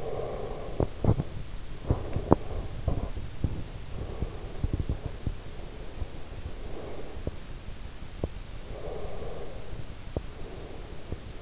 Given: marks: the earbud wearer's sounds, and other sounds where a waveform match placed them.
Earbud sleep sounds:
sounds in sleep by an in-ear microphone; breath, teeth grinding
0.00-2.85 s: breath
0.54-5.71 s: teeth grinding
3.82-7.34 s: breath
8.51-11.42 s: breath

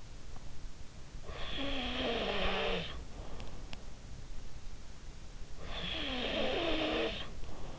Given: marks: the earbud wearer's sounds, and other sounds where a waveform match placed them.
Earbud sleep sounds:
sounds in sleep by an in-ear microphone; snoring breath
1.14-3.08 s: snoring breath
5.53-7.79 s: snoring breath

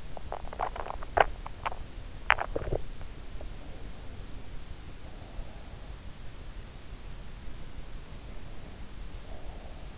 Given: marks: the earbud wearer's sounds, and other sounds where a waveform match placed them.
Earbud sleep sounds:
sounds in sleep by an in-ear microphone; teeth grinding
0.00-3.27 s: teeth grinding

